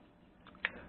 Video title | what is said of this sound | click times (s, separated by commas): fq11w Folding Arm Wifi FPV [Full Review] | You can just push that in there and it snaps in very nicely, so you don't need the screw. | 0.7 s